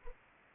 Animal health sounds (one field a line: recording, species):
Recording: mosquito wingbeat signal from an infrared sensor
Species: Anopheles arabiensis